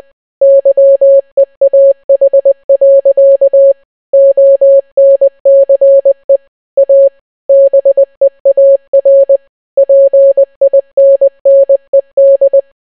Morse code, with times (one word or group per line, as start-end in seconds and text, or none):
0.4-3.7 YEAH.
4.1-6.4 ONCE
6.8-7.1 A
7.5-9.4 BEAR
9.8-12.6 PINNED